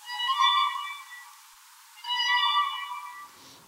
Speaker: Im Frühling erklingen aber erst einmal Kraniche.